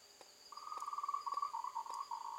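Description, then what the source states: Frog giving a pulsed, rattling trill held at a steady mid pitch for about two seconds, over a constant high insect-like whine and faint clicks. Recorded 2 March 2021 in the evening, around 20:32.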